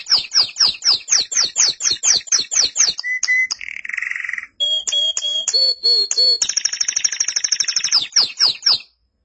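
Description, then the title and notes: Canary song with a run of sharp descending notes, a steady buzzy tone, varied whistled notes and a long pulsed trill, ending in more falling notes. "BM Suara Kenari. BM Suara Burung Kenari"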